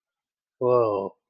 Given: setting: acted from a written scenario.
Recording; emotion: vocal sound without words; romantic love